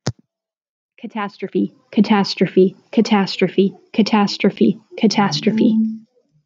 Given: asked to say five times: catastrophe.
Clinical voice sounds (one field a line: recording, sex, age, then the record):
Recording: repeated word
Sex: female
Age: 30 to 39 years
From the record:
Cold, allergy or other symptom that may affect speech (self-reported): no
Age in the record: 36 years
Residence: Texas, United States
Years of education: 16